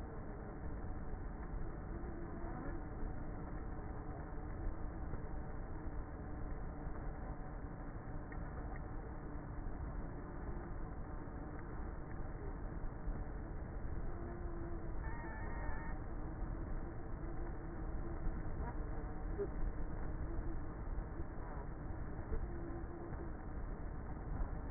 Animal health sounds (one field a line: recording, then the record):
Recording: honeybee colony, microphone inside the hive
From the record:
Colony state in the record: queenless with a low population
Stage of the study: before two queens were removed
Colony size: about 30,000 bees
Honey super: no